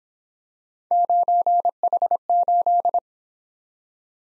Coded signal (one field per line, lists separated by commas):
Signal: Morse code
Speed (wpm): 26 wpm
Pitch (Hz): 700 Hz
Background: none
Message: 9H8